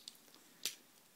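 The two plastic legs of a Transformers Fall of Cybertron Optimus Prime robot figure are clipped together. Faint plastic ticks come at about 0.1 and 0.3 seconds, then a sharp, bright snap at 0.7 seconds as the legs click together and seat.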